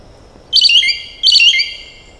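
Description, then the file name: Green oriole giving two loud, strident phrases with stacked harsh bands, the second starting about 0.7 seconds after the first, over a quiet background. "Canto do pirolle verde"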